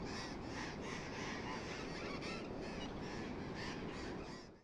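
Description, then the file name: Burrowing parrots calling in a rhythmic series of rasping screeches, several birds together, partly masked by a loud continuous low rumble. "tomas miguel - loros barranqueros"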